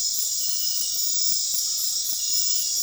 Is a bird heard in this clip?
no